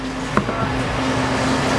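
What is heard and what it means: A pump component for a Taylor C712 soft serve machine is handled as it is pressed down and twisted onto the pump assembly, over a steady mechanical hum with a low constant tone. A brief sharp tap sounds at 0.4 s. The part has not yet seated or clicked into place by the end of the clip.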